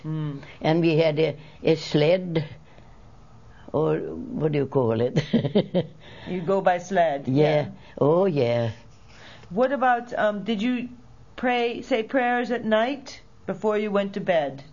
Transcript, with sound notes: And we had a sled all, what do you call it? ( she laughs )
You'd go by sled.
Yeah. Oh, yeah.
What about, did you pray, say prayers at night before you went to bed?